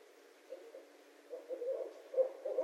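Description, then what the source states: Barred owl hooting faintly, with quiet low hoots at first and then a louder run of wavering hoots in the second half. Recorded on 26 February 2012.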